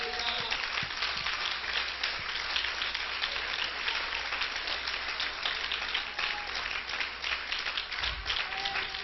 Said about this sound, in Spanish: ¿Cuánto le pueden dar un aplauso a Cristo?